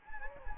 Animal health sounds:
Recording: mosquito wingbeat signal from an infrared sensor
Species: Anopheles gambiae

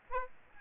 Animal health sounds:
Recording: mosquito wingbeat signal from an infrared sensor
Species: Aedes albopictus

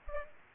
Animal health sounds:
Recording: mosquito wingbeat signal from an infrared sensor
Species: Aedes aegypti

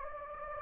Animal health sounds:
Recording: mosquito wingbeat signal from an infrared sensor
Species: Anopheles gambiae

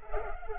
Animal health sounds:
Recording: mosquito wingbeat signal from an infrared sensor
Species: Culex pipiens

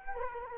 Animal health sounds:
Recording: mosquito wingbeat signal from an infrared sensor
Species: Culex quinquefasciatus

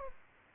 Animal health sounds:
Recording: mosquito wingbeat signal from an infrared sensor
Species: Aedes aegypti

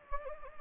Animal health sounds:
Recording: mosquito wingbeat signal from an infrared sensor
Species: Anopheles gambiae

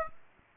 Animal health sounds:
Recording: mosquito wingbeat signal from an infrared sensor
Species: Aedes aegypti

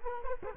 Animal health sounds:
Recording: mosquito wingbeat signal from an infrared sensor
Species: Culex quinquefasciatus

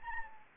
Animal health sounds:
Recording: mosquito wingbeat signal from an infrared sensor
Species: Anopheles gambiae

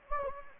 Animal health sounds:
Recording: mosquito wingbeat signal from an infrared sensor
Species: Anopheles gambiae

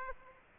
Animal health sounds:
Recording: mosquito wingbeat signal from an infrared sensor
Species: Aedes aegypti

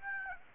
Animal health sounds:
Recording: mosquito wingbeat signal from an infrared sensor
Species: Aedes aegypti

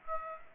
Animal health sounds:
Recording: mosquito wingbeat signal from an infrared sensor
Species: Aedes aegypti

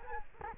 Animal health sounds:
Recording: mosquito wingbeat signal from an infrared sensor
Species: Culex quinquefasciatus

